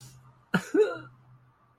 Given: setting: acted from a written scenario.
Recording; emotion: vocal sound without words; shame